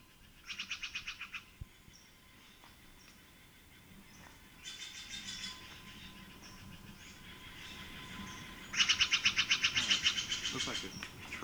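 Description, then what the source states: Steller's Jay giving harsh, rasping calls in three bursts of rapid buzzy pulses, the last loudest, with quiet background hiss between. Recorded February 21, 1970, in Strawberry Canyon, Alameda County, California.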